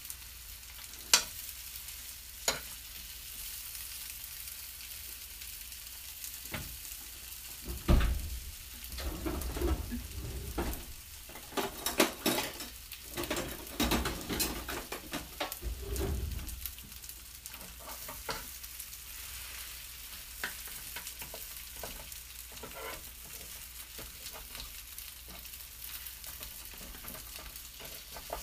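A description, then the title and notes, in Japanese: Okonomiyaki sizzles steadily on a hot griddle, with clicks and scraping spatula strokes, busiest around eight to sixteen seconds. お好み焼きを焼く。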